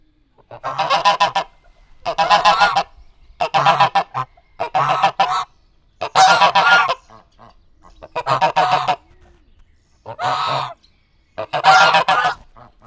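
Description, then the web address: Domestic goose honking, several loud nasal bursts of rapid honks separated by short pauses. Geese in a zoo farmyard in Nyíregyháza, 2010. "nyiregyhazizoo. libak"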